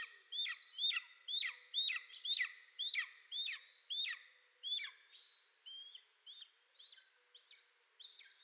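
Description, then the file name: Golden eagle giving a run of clear, hooked yelps roughly twice a second, becoming softer later, with higher thin notes at the end. "Golden Eagle - Aquila chrysaetos"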